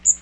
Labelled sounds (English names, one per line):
Magnolia Warbler flight call